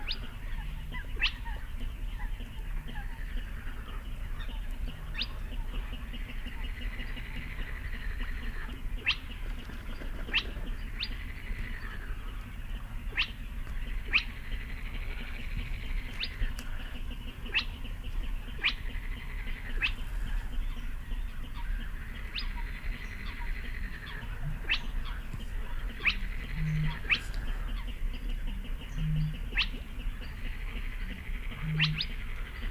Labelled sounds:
Spotted Crake
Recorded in the wild
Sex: male
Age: adult
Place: Kützerhof, Kummerower See, Mecklenburg-Vorpommern, DE
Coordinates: 53.8525, 12.8717
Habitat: wetland
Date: 2009-05-07 22:50
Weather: bedeckt, windstill, ca. 10°C
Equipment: Sound Devices 702, Sennheiser MKH 70, Rycote Windschutz
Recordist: Frommolt, Karl-Heinz

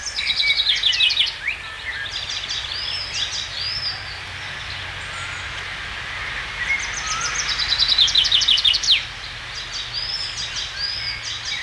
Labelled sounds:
Common Chaffinch song
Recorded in the wild
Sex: male
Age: adult
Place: Putbus, Schloßpark, Insel Rügen, Mecklenburg-Vorpommern, DE
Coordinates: 54.3511, 13.4736
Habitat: park
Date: 1979-06-22 11:20
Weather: sunny, 24°C, light winds
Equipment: ITT Schaub-Lorenz Studio Recorder 72, Verstärker, Sennheiser MD 421 HL, Kopie Uher 4200 Report
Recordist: Tembrock, Günter

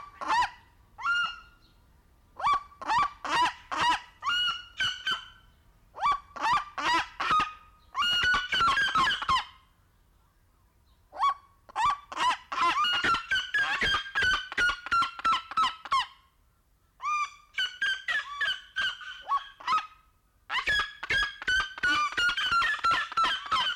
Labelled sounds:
Red-legged Seriema call
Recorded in captivity
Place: Zoo Berlin, Berlin, DE
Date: 1992-07-11 12:00
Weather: bedeckt, z.T. Regen, 17-22°C
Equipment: Marantz CP 430, Sennheiser ME 80, Kopie Tesla B 116
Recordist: Tembrock, Günter

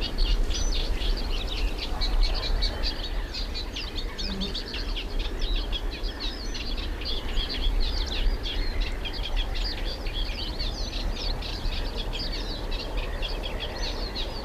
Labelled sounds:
Eurasian Reed Warbler song
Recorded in the wild
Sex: male
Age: adult
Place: Schönerlinde, Naturpark Barnim, Brandenburg, DE
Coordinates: 52.6511, 13.4058
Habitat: pond
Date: 1991-06-09 10:55
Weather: partly sunny, 15 - 17°C
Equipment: Marantz, Sennheiser ME 80, Kopie Tesla B 116
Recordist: Tembrock, Günter

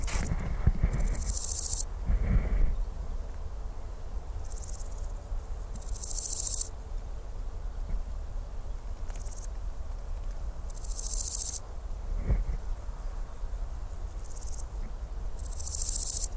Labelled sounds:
Large Gold Grasshopper stridulation
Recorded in the wild
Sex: male
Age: imago
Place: Ferch, Schwielowsee, Brandenburg, DE
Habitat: Feuchtbiotop
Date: 1997-09-05 11:40
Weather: 24°C, heiter
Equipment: Sony MD-WM MZ-R3, Sennheiser ME 80, K 30 AV, Kopie Uher 4000 Report Monitor
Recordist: Tembrock, Günter

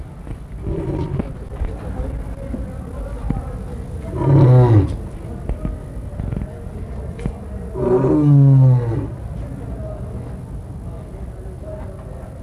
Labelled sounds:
Lion call
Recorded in captivity
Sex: male
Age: adult
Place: Tierschau Zirkus Busch, Berlin, DE
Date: 1961-07-22 16:00
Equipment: Minifon, Kopie Smaragd
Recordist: Tembrock, Günter

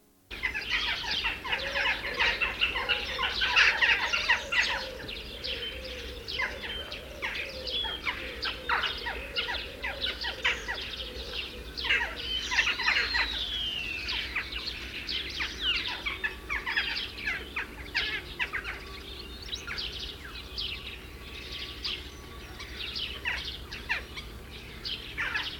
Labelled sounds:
Western Jackdaw call
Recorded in the wild
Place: Tscherwen, Ruse, BG
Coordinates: 43.452, 25.054
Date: 1974-06-09
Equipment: Nagra III BH, Sennheiser MD 21, parabola
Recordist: Schubert, Michael

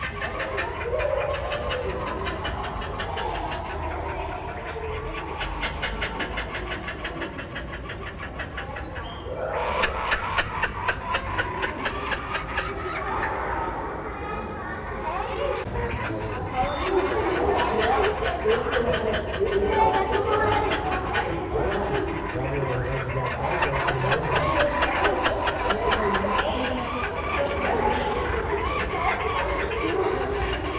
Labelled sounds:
Laughing Kookaburra call
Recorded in captivity
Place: Zoo Basel, CH
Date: 1968-07-19
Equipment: Halbspur, 9,5 cm/s
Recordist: Lütgens, Hans

